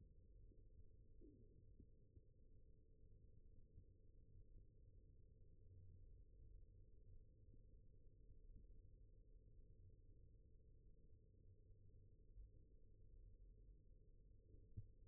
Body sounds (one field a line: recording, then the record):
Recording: forearm muscle sounds (acoustic myography)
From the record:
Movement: rest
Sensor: system 1, eight BSWA MPA416 microphones around the upper forearm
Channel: 5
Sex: male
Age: 21 years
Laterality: right